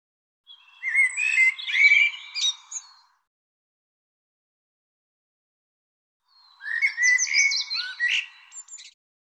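Bird song: two phrases of fast, jumbled warbling, with sliding whistles and harsh chirps, each lasting about two and a half seconds, with a quiet gap between them.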